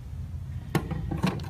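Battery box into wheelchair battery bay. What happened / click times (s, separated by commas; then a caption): The battery box seated in its bay / 0.7 s. A battery box is pushed into the battery bay of an EV Rider Puzzle folding electric power wheelchair (Heartway P15S, 2024) and seats with one strong knock or click at about 0.8 s. Softer knocks and rattles follow at about 0.9, 1.1, 1.3 and 1.4 s over a low background hum. The battery box ends up seated.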